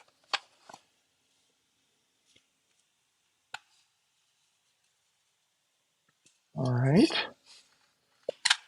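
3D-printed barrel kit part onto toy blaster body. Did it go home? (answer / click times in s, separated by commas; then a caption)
yes / 8.5 s. A 3D-printed long-barrel kit part is lined up and pushed onto a gel ball blaster body, with scattered light ticks and taps while someone talks briefly. The part seats with a sharp snap at 8.5 s.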